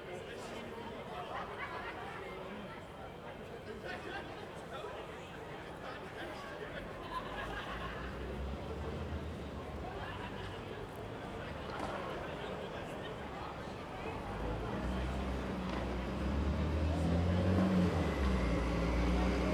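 Street ambience with murmured voices and passing traffic, a low engine rumble swelling after about fourteen seconds.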